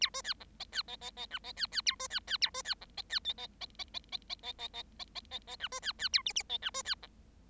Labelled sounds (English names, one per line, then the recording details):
Bengalese Finch song
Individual Bird7